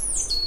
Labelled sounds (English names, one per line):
Stitchbird song